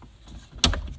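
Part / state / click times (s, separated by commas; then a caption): cabin air filter housing into its slot in the car's HVAC box / seated / 0.6 s. The plastic cabin air filter housing, holding a new filter, is pushed back into its slot behind the glove box in the HVAC box of a 2006–2011 Honda Civic LX. After quiet low rustling, a sharp, bright snap at 0.6 s is followed by a short rattle as the housing seats fully home.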